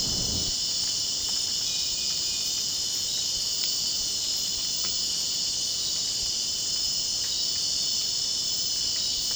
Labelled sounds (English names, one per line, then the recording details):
none
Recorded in dense forest near Puerto Asís, Putumayo, Colombia, on 24 June 2025 at 23:30
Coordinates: 0.499, -76.324
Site G100